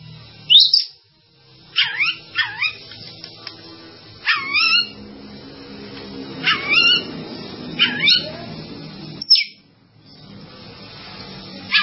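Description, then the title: Java sparrow song in short separated phrases of sharp, downward-curving chirps, spaced irregularly throughout, with a faint hum beneath. "kicau gelatik"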